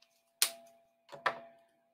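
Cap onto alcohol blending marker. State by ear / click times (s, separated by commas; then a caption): seated / 0.4 s. After blending, the cap is pushed back onto an alcohol blending marker rather than just rested on it, so the marker does not dry out. A sharp snap at 0.4 s marks the cap seating closed, followed by a softer double click around 1.1 to 1.3 s.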